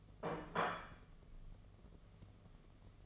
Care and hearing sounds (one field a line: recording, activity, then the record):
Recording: daily activity, microphone in the room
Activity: place plate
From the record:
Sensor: 4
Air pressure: 1015.9 hPa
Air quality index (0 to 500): 209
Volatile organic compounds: 13 ppm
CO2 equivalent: 2413 ppm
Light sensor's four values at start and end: 17/39/16/17 and 17/38/16/17